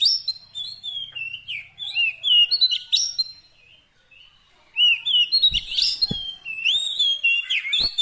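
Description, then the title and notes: Oriental magpie-robin song of varied whistles and twittering trills; a quiet gap of about a second splits two phrases, with a few low knocks late on. Long-duration fill-in (isian) song of kacer, meant to make the bird sing energetically (gacor) day and night. "Kacer Jadi Gacor Siang Malam. Isian Kacer"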